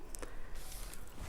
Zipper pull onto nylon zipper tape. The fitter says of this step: yeah and click that into place you'll hear it click